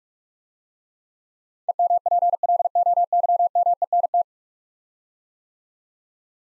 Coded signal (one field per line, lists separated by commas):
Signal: Morse code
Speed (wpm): 44 wpm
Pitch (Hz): 700 Hz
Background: none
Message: EMPLOYMENT